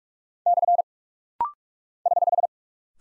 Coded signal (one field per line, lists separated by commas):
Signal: Morse code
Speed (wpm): 46 wpm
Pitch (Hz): 700 Hz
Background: none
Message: / <HH>